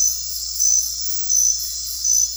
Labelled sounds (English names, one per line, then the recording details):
none
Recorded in dense forest near Puerto Asís, Putumayo, Colombia, on 9 March 2025 at 22:00
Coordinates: 0.503, -76.323
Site GP09